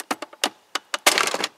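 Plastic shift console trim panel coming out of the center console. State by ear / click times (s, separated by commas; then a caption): released / 0.4 s, 0.8 s, 0.9 s, 1.1 s. A plastic shift console trim panel around the shift knob of a Mercedes W210/W208/W202 center console is pulled up by its corners, and its spring clips crack loose one after another with sharp pops at 0.4, 0.8, 0.9 and 1.1 seconds. After the last pop comes a burst of rattling, scraping plastic noise, and the panel is released from the console.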